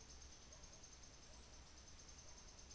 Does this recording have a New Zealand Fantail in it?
no